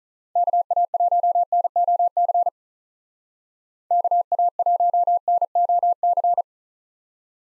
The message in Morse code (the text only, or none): KA1NOC KA1NOC